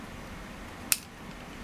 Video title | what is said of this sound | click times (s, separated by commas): Tarot 450 Pro Build Page 12 | you'll feel, as you jiggle that, you'll feel it click into position. | 0.9 s